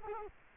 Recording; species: mosquito wingbeat signal from an infrared sensor; Culex quinquefasciatus